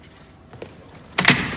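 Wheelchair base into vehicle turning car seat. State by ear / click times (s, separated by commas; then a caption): seated / 1.2 s. A wheelchair base is swung round and pushed onto a vehicle's turning swivel car seat, with a faint knock at 0.6 s before it latches in a sharp, loud metallic clack at 1.2 s, followed by a rattling thud. The base clicks into place on the seat.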